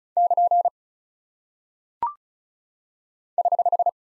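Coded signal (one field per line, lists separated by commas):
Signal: Morse code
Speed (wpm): 36 wpm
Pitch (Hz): 700 Hz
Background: none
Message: <KN> <HH>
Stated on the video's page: Morse practice of punctuation and prosign characters at 35 wpm; each is sent, spoken, then sent again for head-copy.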